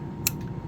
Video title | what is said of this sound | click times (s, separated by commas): Part 2 of exploding Rough Rider knife saga! | there you go that nice little click what that means for you is a knif thing going to open in your pocket | 0.3 s